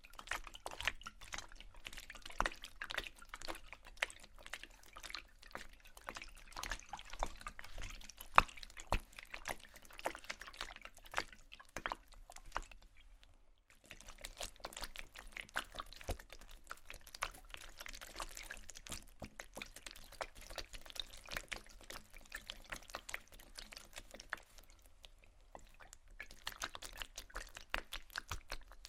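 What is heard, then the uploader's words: Quick, dense tapping and scratching on glass and bamboo, mixed with a wet, dripping patter of water. The clicks run almost continuously, thinning briefly around 13 seconds and again near 25 seconds before picking back up, over a faint low hum. Tapping, water, scratching, glass, bamboo, etc(No Talking).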